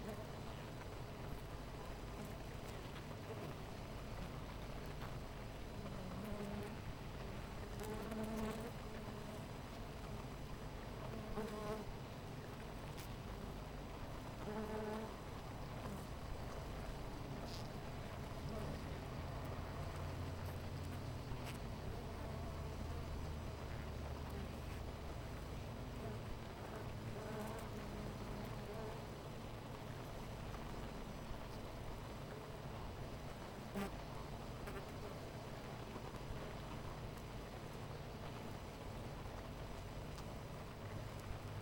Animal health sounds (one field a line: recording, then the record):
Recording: honeybee colony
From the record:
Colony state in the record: missing queen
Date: 14 July 2017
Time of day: 9:50